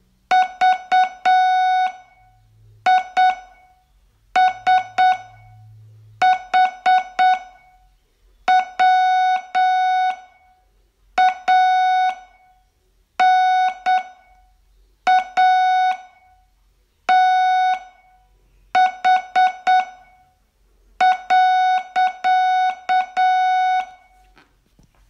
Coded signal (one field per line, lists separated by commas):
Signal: Morse code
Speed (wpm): 8 wpm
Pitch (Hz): 740 Hz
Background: none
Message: VISHWANATH.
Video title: Learn Morse in 42 Days from VU2LAU - day20 Test